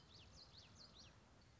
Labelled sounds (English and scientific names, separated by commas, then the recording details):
Common Yellowthroat (Geothlypis trichas)
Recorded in Sonoma County, California